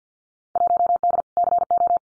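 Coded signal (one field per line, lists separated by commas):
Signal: Morse code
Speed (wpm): 50 wpm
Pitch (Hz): 700 Hz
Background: none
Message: 1D CO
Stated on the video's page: Morse practice of Field Day exchanges at 50 wpm, each exchange sent twice.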